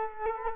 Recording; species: mosquito wingbeat signal from an infrared sensor; Culex quinquefasciatus